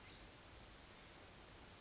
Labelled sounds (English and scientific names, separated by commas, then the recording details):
California Towhee (Melozone crissalis)
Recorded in Sonoma County, California